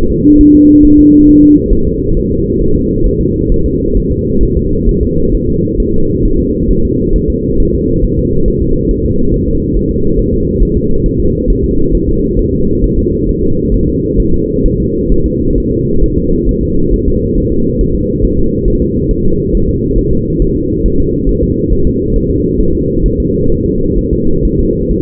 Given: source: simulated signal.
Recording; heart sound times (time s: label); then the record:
fetal heart sounds
0.11 s: S2
0.41 s: S1
0.55 s: S2
0.85 s: S1
0.99 s: S2
1.29 s: S1
1.43 s: S2
1.73 s: S1
1.87 s: S2
2.17 s: S1
2.31 s: S2
2.61 s: S1
2.76 s: S2
3.06 s: S1
3.21 s: S2
3.52 s: S1
3.66 s: S2
3.97 s: S1
4.12 s: S2
4.43 s: S1
4.57 s: S2
4.89 s: S1
5.03 s: S2
5.34 s: S1
5.49 s: S2
5.80 s: S1
5.94 s: S2
6.25 s: S1
6.40 s: S2
6.71 s: S1
6.85 s: S2
7.16 s: S1
7.30 s: S2
7.60 s: S1
7.74 s: S2
8.04 s: S1
8.19 s: S2
8.48 s: S1
8.62 s: S2
8.91 s: S1
9.05 s: S2
9.34 s: S1
9.48 s: S2
9.77 s: S1
9.91 s: S2
10.19 s: S1
10.34 s: S2
10.62 s: S1
10.77 s: S2
11.06 s: S1
11.20 s: S2
11.50 s: S1
11.64 s: S2
11.95 s: S1
12.09 s: S2
12.39 s: S1
12.54 s: S2
12.84 s: S1
12.98 s: S2
13.29 s: S1
13.43 s: S2
13.74 s: S1
13.88 s: S2
14.20 s: S1
14.34 s: S2
14.66 s: S1
14.80 s: S2
15.12 s: S1
15.26 s: S2
15.58 s: S1
15.72 s: S2
16.04 s: S1
16.18 s: S2
16.49 s: S1
16.63 s: S2
16.94 s: S1
17.08 s: S2
17.38 s: S1
17.52 s: S2
17.81 s: S1
17.95 s: S2
18.24 s: S1
18.39 s: S2
18.68 s: S1
18.82 s: S2
19.11 s: S1
19.25 s: S2
19.55 s: S1
19.69 s: S2
19.98 s: S1
20.13 s: S2
20.42 s: S1
20.56 s: S2
20.86 s: S1
21.00 s: S2
21.29 s: S1
21.43 s: S2
21.72 s: S1
21.87 s: S2
22.16 s: S1
22.30 s: S2
22.61 s: S1
22.75 s: S2
23.06 s: S1
23.20 s: S2
23.52 s: S1
23.66 s: S2
23.98 s: S1
24.13 s: S2
24.45 s: S1
24.59 s: S2
24.91 s: S1
From the record:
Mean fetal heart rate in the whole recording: 135 bpm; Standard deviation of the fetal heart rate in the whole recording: 3 bpm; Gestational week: 36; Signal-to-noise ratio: -16.4 dB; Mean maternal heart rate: 72 bpm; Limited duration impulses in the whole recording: present